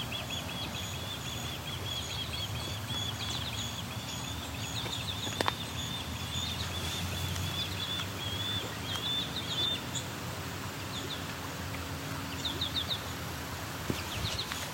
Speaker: And this osprey is making a non-stop call.